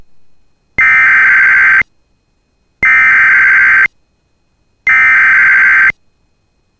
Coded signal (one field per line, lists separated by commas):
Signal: Emergency Alert System (SAME) tones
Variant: header bursts